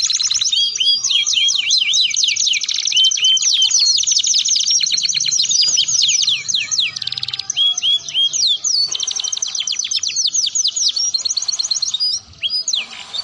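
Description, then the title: Atlantic canary singing nonstop: fast, high rolling trills alternate with sharp sweeping notes and chattering runs, varied phrases following one another for the whole stretch. Belgian canary song played to warm up and stimulate other canaries into singing, and used as a tutor song for training young canaries. "Canto Para Esquentar Canário Belga. Suara Pancingan Kenari Gacor || Untuk Masteran Kenari Paud"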